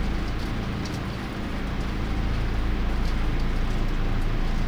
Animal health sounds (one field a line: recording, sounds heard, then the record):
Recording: poultry house recording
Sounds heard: no chicken sound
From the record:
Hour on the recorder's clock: 0